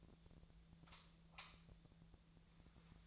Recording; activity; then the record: daily activity, microphone in the room; light off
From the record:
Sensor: 3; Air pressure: 1009.7 hPa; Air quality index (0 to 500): 190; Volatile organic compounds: 14 ppm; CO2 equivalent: 2476 ppm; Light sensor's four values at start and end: 46/120/51/52 and 39/98/42/45